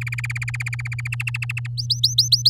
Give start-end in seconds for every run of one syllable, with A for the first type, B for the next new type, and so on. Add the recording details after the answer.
0.01-1.08 A, 1.12-1.67 B, 1.77-2.49 C. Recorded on 9 May 2018 at 12:55. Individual llb16